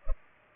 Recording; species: mosquito wingbeat signal from an infrared sensor; Culex pipiens